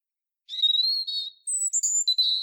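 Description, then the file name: European robin song phrase: a high, thin sustained whistle, then a brief pause, a higher piercing note and rapid tinkling warbled notes. "Erithacus rubecula"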